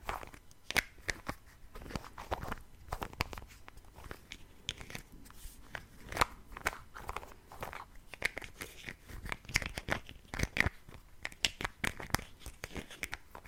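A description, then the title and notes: Lid sounds: a dense run of short clicks, scrapes and crackles, irregular and rapid throughout. Sharp snaps stand out near the 1, 6 and 10 second marks, some with a brief bright ring, over a low rustling that never quite stops. ASMR Lid Sounds.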